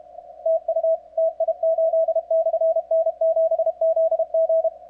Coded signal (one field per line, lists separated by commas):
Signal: Morse code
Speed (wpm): 33 wpm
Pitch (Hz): 660 Hz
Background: radio noise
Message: TU TI8/N7ZG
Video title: WAE CW CONTROL Z N1MM TO SEND QTC